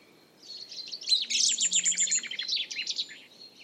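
Song thrush singing a rapid, high series of bright chirping notes, densely packed for about three seconds, over faint low background noise.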